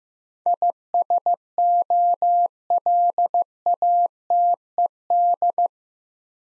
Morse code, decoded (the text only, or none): ISOLATED